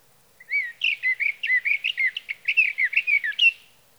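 Sage thrasher song, a rapid run of mixed warbled and whistled notes, slurred up and down, delivered without pause for about three seconds.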